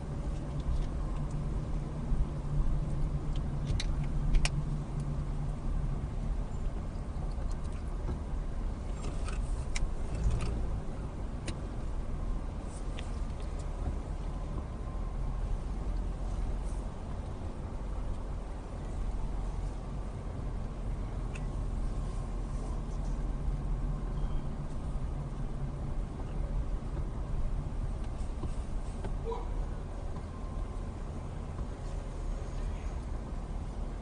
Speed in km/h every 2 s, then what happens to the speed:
18, 16, 11, 6, 8, 11, 6, 6, 8, 10, 13, 15, 13, 11, 8, 8, 6.
0-6 slows to 6. 6-14 steady at about 6. 14-23 speeds up to 15. 23-34 slows to 6.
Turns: 10-13, 16-22.